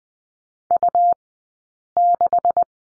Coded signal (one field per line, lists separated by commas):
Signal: Morse code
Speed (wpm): 20 wpm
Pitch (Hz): 700 Hz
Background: none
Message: U6